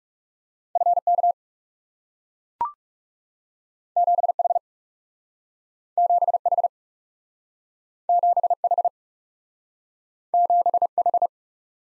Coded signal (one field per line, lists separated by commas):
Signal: Morse code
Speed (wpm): 37 wpm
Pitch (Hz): 700 Hz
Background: none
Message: F K 7 H 7 H 7 H 7 H